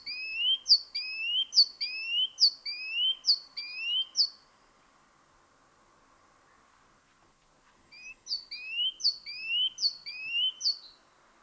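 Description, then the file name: Great tit song: a run of repeated two-part phrases, a high note and a lower rising note, then a silent pause of a few seconds, then another run. "Parus major"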